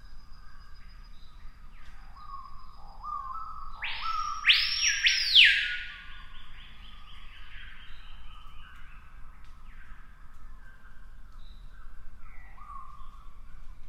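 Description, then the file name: Screaming piha with faint whistled notes, then one loud, ringing, swooping whistle phrase in the middle, fading back to soft whistles; light background hiss throughout. "piha bird scream"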